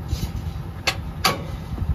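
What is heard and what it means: The steel locking pin is spun into the next hole of a pintle hitch trailer's landing gear leg, held in place by a foot, after the leg is lowered one notch. Over a low, steady rumble, a softer tick comes at about 0.9 s, then one loud metallic clunk at 1.3 s as the pin locks into the notch and seats.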